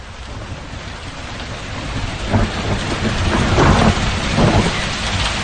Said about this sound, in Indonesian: Bandung ketika itu sedang hujan cukup deras dan membuat genangan air yang cukup tinggi mengalir di jalanan.